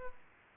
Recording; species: mosquito wingbeat signal from an infrared sensor; Culex pipiens